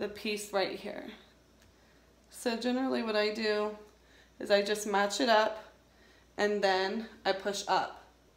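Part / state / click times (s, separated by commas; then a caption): CGM transmitter into charger / not seated / none. A Medtronic Guardian Link CGM transmitter is being matched up and pushed up into its charger piece while someone talks. Between phrases there are only faint handling sounds. Nothing has seated or clicked yet.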